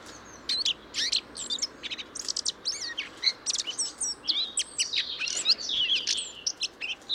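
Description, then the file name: Eurasian blackcap warbling, a rapid jumble of high, varied chirps and slurred whistles. "Sylvia atricapilla"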